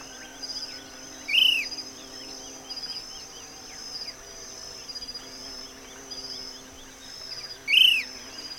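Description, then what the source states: Short-crested flycatcher giving two identical arched notes about six seconds apart, with a steady high-pitched insect drone and faint pulsing buzzes between. Call, recorded 8 June 2008.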